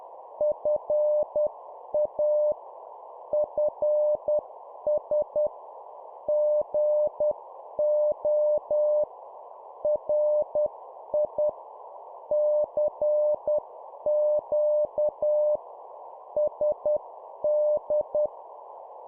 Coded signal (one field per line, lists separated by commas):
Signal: Morse code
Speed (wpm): 10 wpm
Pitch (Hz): 600 Hz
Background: none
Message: FA FS GO RI CQ SD